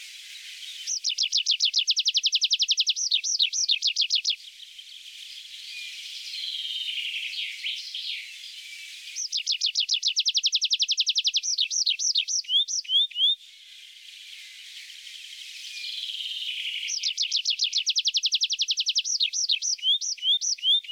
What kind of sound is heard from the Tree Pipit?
song